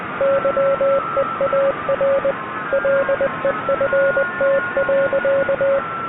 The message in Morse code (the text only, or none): YEAR LEFT.